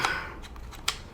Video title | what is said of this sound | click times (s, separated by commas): The WWII British Sten MKII Submachine Gun. | till it locks in place | 0.9 s